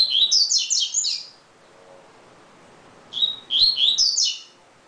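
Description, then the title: Double-collared seedeater song: fast chattering high phrase, a pause, then another phrase with a whistled lead note and quick sliding notes. "Canto Coleiro"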